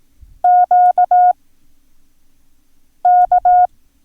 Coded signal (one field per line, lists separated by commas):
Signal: Morse code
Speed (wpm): 18 wpm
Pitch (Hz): 720 Hz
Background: none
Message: QK